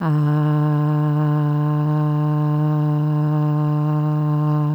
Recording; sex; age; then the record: sustained vowel /a/; female; 30 to 39 years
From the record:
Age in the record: 33 years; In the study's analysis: included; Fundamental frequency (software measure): 150 Hz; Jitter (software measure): 0.42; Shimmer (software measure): 1.00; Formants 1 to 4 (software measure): 991 Hz, 1600 Hz, 2834 Hz, 4316 Hz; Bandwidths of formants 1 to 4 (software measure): 214 Hz, 356 Hz, 260 Hz, 438 Hz